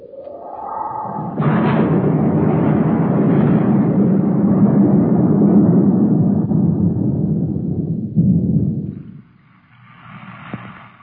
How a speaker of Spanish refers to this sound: En efecto, apenas partió el criado, comenzó a caer un aguacero incontenible.